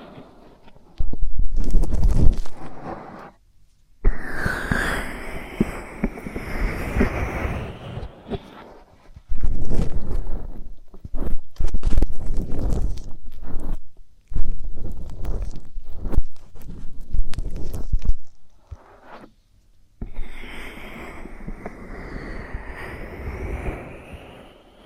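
Close, scratchy rubbing and crackling sounds for inner ear and eardrum stimulation come in dense bursts, broken by brief silences around 4, 9 and 20 seconds. Some passages carry a soft thudding, step-like rhythm, while a squeaky whistling sweep rises around 5 seconds and again near the end.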